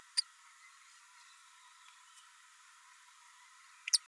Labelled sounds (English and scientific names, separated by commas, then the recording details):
Green-rumped Parrotlet (Forpus passerinus) babbling
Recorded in a nest box in Venezuela
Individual 18B104A3